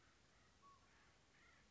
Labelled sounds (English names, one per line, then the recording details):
Acorn Woodpecker
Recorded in Sonoma County, California